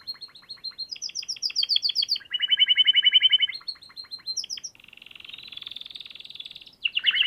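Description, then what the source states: Canary song, a fast varied series of trilled tours at shifting pitches, high chirps and rolling buzzy trills changing every second or two. Canary song used for training other birds (masteran).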